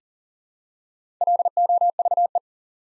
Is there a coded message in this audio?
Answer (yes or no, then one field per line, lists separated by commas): yes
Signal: Morse code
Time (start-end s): 1.2-2.4 s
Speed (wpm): 42 wpm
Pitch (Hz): 700 Hz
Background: none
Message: LOVE